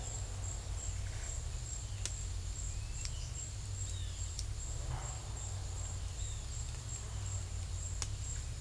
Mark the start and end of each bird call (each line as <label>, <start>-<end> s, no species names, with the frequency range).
bird call (2.2-4.2 kHz), 2.60-4.29 s
bird call (3.0-4.5 kHz), 6.22-6.53 s